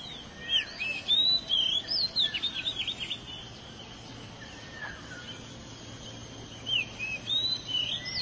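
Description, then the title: Oriental magpie-robin singing rapid whistled and trilled phrases for about three seconds, a quiet gap, then resuming; steady hiss throughout. "Suara Kicauan Burung Kacer Durasi Panjang"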